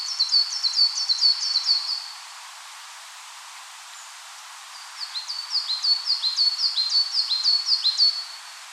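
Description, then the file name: Coal tit song in two bursts of fast, high, doubled notes separated by a quiet pause of about three seconds. "Parus ater"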